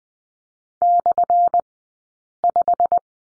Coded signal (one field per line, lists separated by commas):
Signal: Morse code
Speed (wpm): 20 wpm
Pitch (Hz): 700 Hz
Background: none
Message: /5